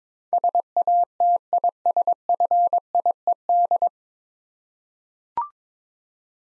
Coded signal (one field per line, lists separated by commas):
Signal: Morse code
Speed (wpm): 22 wpm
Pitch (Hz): 700 Hz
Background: none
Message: SATISFIED